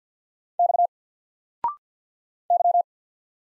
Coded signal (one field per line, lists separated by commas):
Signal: Morse code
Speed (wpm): 50 wpm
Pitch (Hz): 700 Hz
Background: none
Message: X Y